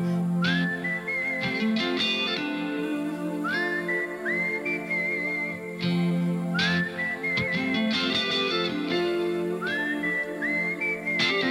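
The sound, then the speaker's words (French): A whistled melody from a song intro, with upward-gliding notes, repeating the same phrase about every three seconds over a steady band accompaniment of sustained chords. No one speaks. “Mais pour le moment, il est temps de siffler un peu.”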